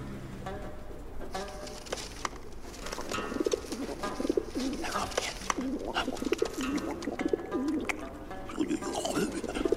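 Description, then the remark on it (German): Several pigeons coo in low, throaty, overlapping bursts at a balcony as more food is put out and more pigeons fly in, with a busy flutter and scuffle of wings and feet running steadily underneath. “Sofort kommen mehr Tauben angeflogen.”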